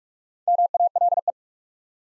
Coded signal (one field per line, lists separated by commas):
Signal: Morse code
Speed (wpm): 44 wpm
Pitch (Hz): 700 Hz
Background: none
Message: MALE